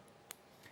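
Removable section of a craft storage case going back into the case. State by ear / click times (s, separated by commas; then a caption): seated / 0.3 s. A removable section of a craft storage case is pushed back into the case and seats with a sharp, short click at 0.3 s. A fainter tick follows at about 0.7 s against a quiet background.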